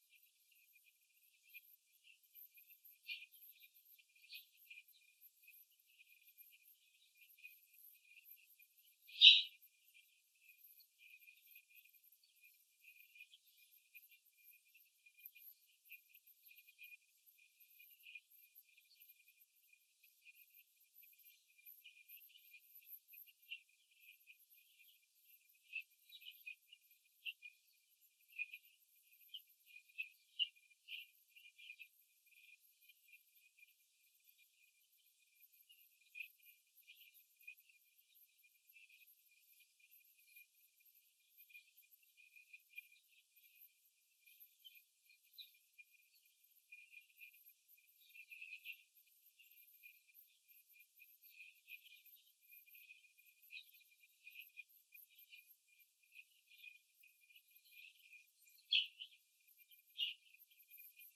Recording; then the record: young laying hens in a cage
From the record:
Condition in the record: after the stressor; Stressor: simulated dog barking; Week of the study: 3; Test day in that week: 2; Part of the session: 3